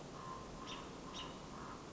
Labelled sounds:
American Robin (Turdus migratorius)
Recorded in Sonoma County, California

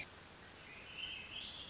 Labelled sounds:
Swainson's Thrush (Catharus ustulatus)
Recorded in Sonoma County, California

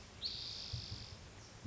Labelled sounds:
Spotted Towhee (Pipilo maculatus)
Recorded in Sonoma County, California

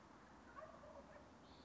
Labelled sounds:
Wild Turkey (Meleagris gallopavo)
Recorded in Sonoma County, California

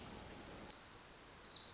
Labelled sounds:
Pacific Wren (Troglodytes pacificus)
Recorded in Sonoma County, California

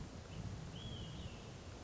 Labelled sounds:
Olive-sided Flycatcher (Contopus cooperi)
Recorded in Sonoma County, California

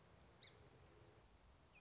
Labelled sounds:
Song Sparrow (Melospiza melodia)
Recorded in Sonoma County, California

